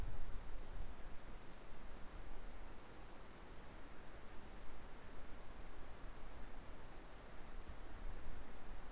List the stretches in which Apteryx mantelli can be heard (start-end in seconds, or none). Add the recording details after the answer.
none. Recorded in New Zealand on 3 November 2013. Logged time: 01:58. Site CV71